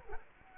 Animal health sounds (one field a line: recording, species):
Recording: mosquito wingbeat signal from an infrared sensor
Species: Culex quinquefasciatus